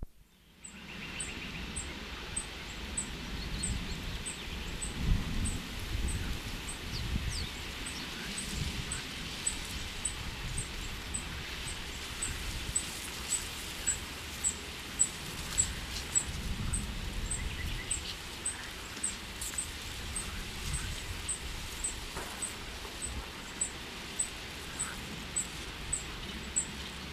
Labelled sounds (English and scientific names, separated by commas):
Eurasian Reed Warbler (Acrocephalus scirpaceus) song